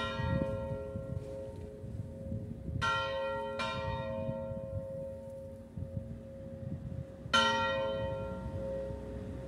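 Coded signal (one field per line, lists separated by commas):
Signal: bell signal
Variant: distesa ringing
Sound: three loud church bell strikes, each ringing out long, over a low outdoor rumble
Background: outdoor low rumble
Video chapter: [0:15] Distesa discendente di II/III/IV campana come primo ed unico cenno per la messa prefestiva delle 19.00.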